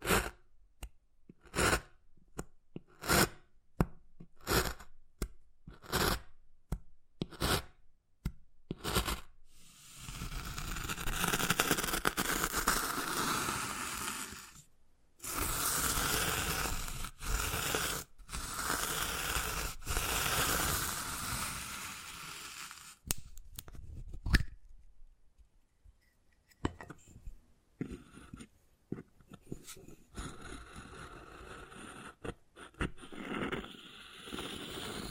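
Wood carving sounds: for the first nine seconds, sharp taps come in a quick, fairly regular run. Long, rough scratching strokes follow for about thirteen seconds, broken by brief pauses. After a short silence, softer scattered taps and light scrapes finish the clip.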